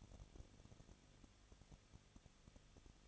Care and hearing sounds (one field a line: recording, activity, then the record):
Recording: daily activity, microphone in the room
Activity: no activity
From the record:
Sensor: 4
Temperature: 23.1 degrees Celsius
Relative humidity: 34.3%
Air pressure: 1007.2 hPa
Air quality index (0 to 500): 216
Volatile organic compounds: 15 ppm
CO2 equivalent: 2500 ppm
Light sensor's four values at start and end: 2/3/1/1 and 2/3/1/1